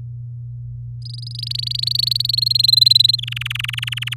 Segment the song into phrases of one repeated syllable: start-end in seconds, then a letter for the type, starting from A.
1.02-2.27 A, 2.29-3.16 B, 3.18-4.14 C